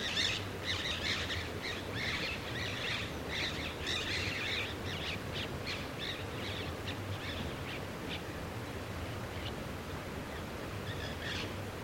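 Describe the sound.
Flame-winged parakeet calls: a flurry of harsh, scratchy chattering notes, dense at first and thinning out, over a steady low background rumble.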